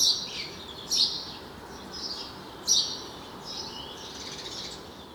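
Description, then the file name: House sparrow chirps: three short, sharp chirps about a second or two apart, over steady background hiss. "Passer domesticus"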